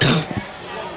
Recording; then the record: coughing mixed with background sound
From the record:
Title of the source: Wet coughing